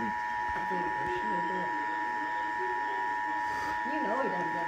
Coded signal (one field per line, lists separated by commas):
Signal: Emergency Alert System (SAME) tones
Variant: 853 and 960 Hz attention tone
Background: speech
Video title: EAS #82 Required Monthly Test